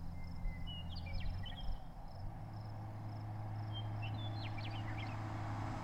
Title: Noise pollution in an isolated sagebrush steppe at 700m., w/ Meadowlark Duo